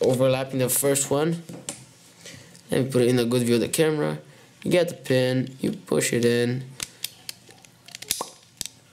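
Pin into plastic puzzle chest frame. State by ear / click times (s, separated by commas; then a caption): seated / 8.6 s. Someone talks while a plastic pin is pushed into the assembled pieces of a plastic treasure chest puzzle frame. A few small sharp ticks follow after the speech, and at 8.6 s a crisp click is heard as the pin clicks into place and seats.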